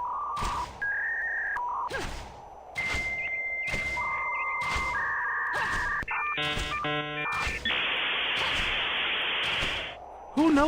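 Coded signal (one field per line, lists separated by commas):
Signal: dial-up modem handshake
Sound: dial-up screech: steady tones, a high tone, warbling chords, then loud rushing hiss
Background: rhythmic whooshes, voice at end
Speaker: if y'all don't know what that sound is, that is a dialup sound from when from when the internet where when the internet would have you would have to wait for the internet to actually dial up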